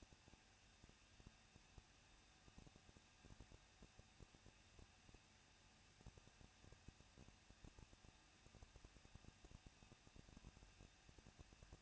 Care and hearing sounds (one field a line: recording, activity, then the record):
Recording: daily activity, microphone in the room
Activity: no activity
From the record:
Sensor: 2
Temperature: 21.0 degrees Celsius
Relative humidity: 37.3%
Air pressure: 1006.4 hPa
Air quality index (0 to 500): 220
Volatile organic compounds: 23 ppm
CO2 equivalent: 2778 ppm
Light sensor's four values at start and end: 2/3/2/2 and 2/3/2/2